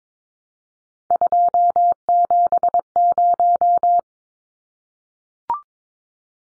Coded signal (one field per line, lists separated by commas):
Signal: Morse code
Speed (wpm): 22 wpm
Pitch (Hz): 700 Hz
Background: none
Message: 270